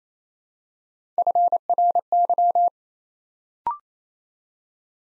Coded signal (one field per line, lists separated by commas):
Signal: Morse code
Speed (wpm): 28 wpm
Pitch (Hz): 700 Hz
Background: none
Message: FRY